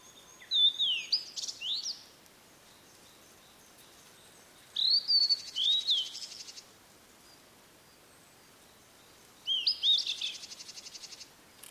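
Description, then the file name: Blue-and-white flycatcher song, three phrases a few seconds apart, each of sweeping whistled notes with a harsh, buzzy rattle. "oruri"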